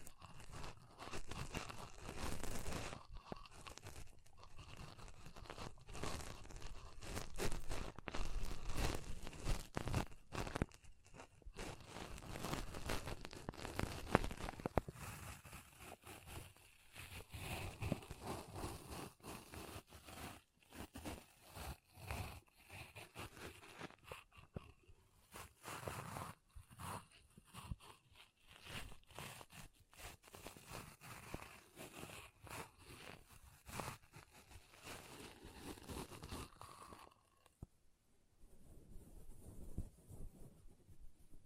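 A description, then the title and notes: Pom pom tingles: soft, dense crinkly scratching and rustling that runs almost continuously, with rapid irregular bursts and brief pauses throughout. The sound is bright and crunchy, a little fuller in the first fifteen seconds, then slightly sparser, dropping off briefly around 37 seconds before resuming. ASMR Ultimate Pom Pom Tingles (No Talking).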